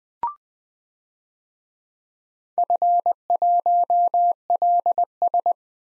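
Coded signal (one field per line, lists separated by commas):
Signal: Morse code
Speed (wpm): 20 wpm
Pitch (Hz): 700 Hz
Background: none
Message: F1LS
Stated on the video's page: Morse practice of 4-character DXCC call signs at 20 wpm for head-copy, each sent, spoken, then sent again.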